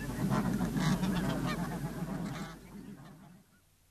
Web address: earth naturelibrary. snow goose